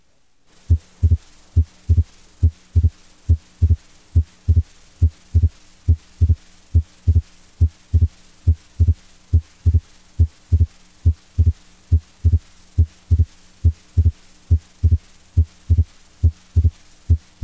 S2 split during inspiration and expiration. Valvular dysfunction and/or changes in blood flow to or from the ventricles can sometimes cause a persistent splitting of S2 throughout inspiration and expiration with little or no respiratory variation.